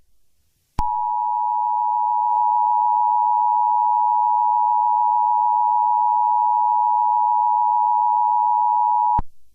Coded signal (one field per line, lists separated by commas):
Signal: Emergency Alert System (SAME) tones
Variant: 853 and 960 Hz attention tone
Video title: The EAS Scenario: The Darkness Invasion of San Andreas